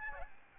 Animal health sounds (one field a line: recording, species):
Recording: mosquito wingbeat signal from an infrared sensor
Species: Aedes albopictus